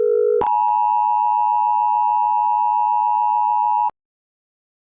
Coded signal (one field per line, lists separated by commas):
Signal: Emergency Alert System (SAME) tones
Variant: 853 and 960 Hz attention tone